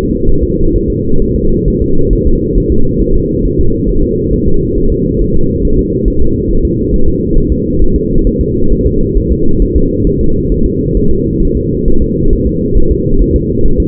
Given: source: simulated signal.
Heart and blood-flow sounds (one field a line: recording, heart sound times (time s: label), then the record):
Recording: fetal heart sounds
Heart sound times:
0.29 s: S1
0.44 s: S2
0.76 s: S1
0.90 s: S2
1.22 s: S1
1.36 s: S2
1.68 s: S1
1.82 s: S2
2.13 s: S1
2.27 s: S2
2.58 s: S1
2.72 s: S2
3.02 s: S1
3.16 s: S2
3.45 s: S1
3.60 s: S2
3.89 s: S1
4.04 s: S2
4.34 s: S1
4.48 s: S2
4.78 s: S1
4.92 s: S2
5.22 s: S1
5.36 s: S2
5.65 s: S1
5.79 s: S2
6.08 s: S1
6.22 s: S2
6.51 s: S1
6.65 s: S2
6.94 s: S1
7.08 s: S2
7.38 s: S1
7.52 s: S2
7.82 s: S1
7.96 s: S2
8.27 s: S1
8.41 s: S2
8.72 s: S1
8.87 s: S2
9.17 s: S1
9.32 s: S2
9.62 s: S1
9.76 s: S2
10.07 s: S1
10.21 s: S2
10.52 s: S1
10.66 s: S2
10.97 s: S1
11.11 s: S2
11.43 s: S1
11.57 s: S2
11.88 s: S1
12.02 s: S2
12.33 s: S1
12.47 s: S2
12.77 s: S1
12.92 s: S2
13.22 s: S1
13.36 s: S2
13.66 s: S1
13.80 s: S2
From the record:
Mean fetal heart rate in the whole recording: 135 bpm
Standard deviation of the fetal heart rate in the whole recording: 3 bpm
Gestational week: 36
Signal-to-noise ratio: -19.1 dB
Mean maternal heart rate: 72 bpm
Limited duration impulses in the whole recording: present